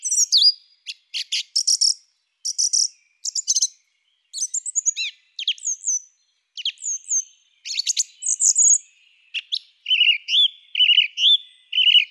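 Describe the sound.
Song thrush song: varied loud whistled and chattering phrases, many repeated two or three times in quick succession, with brief pauses between phrases.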